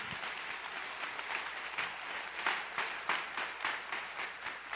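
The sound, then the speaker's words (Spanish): A church audience breaks into steady applause for the maintenance team, a dense wash of many hands clapping with rhythmic surges, no voices standing out above it. “Un aplauso a los hermanos de mantenimiento también.”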